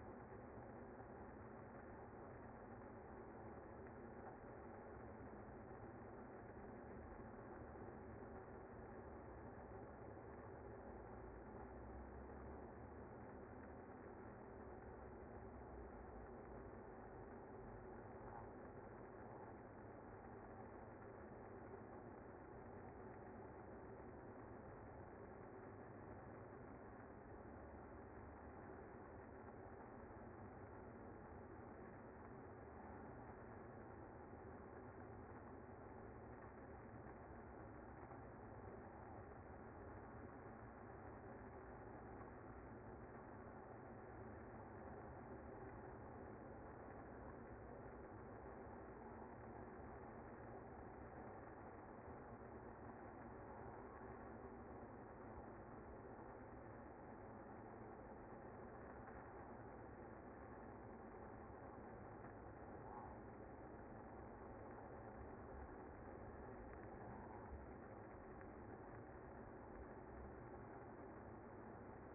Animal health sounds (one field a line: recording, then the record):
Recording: honeybee colony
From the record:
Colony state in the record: active